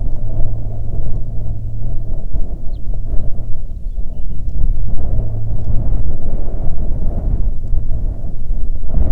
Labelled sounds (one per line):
songbird
wind